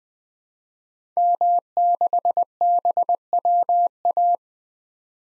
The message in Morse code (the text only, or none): M6BWA